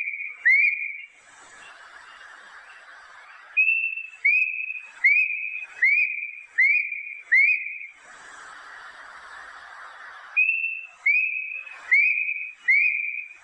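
A plaintive cuckoo repeats clear, high whistled notes in quick runs of four or five, separated by pauses of soft steady hiss.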